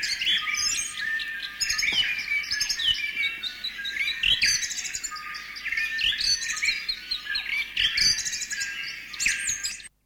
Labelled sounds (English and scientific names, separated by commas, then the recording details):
New Zealand Bellbird (Anthornis melanura)
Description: Dawn chorus with bellbird/korimako in the foreground
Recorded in New Zealand